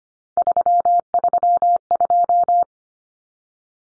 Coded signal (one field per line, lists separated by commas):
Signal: Morse code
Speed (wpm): 25 wpm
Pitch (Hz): 700 Hz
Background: none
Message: 332